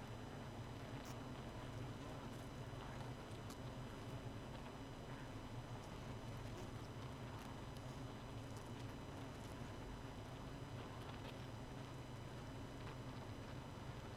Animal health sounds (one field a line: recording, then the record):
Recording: honeybee colony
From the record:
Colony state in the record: missing queen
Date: 31 May 2018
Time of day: 0:24